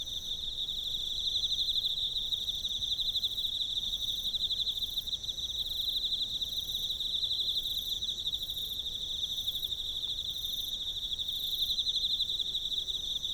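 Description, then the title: Emma field cricket giving a sustained high pulsed trill over faint low background noise. Recorded with a ZOOM F6 recorder and a Sennheiser MK microphone. "エンマコオロギ"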